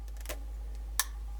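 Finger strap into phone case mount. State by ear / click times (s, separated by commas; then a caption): seated / 1.0 s. A replacement finger strap is slid into the mount on the back of a phone case until it clicks home at 0.99 s with a sharp, loud click. A few faint ticks come before and after it, and the strap is seated.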